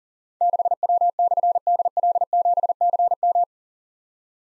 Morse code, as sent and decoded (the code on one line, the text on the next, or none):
-.... .-- -..-. -.. .-.. --... -.-. --
6W/DL7CM